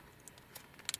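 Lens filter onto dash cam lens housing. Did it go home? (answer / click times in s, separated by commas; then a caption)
no / none. A plastic polarizing lens filter is handled and turned over the lens housing of a Viofo A119 Mini 2 dash cam, giving soft scrapes and a pair of sharp, bright plastic ticks near 0.9 s and 0.9 s. Nothing has seated or clicked yet; the filter is not yet home.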